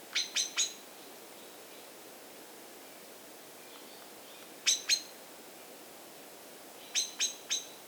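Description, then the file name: Common blackbird call notes, quick runs of two or three sharp metallic clicks repeated every few seconds. "Turdus merula"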